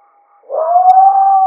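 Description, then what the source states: Coyote howl: after a faint tone, one smooth sustained note rises slightly, then holds steady for about a second. Howling, recorded 30 August 2008.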